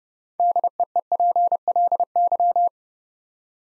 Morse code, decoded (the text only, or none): DEEPLY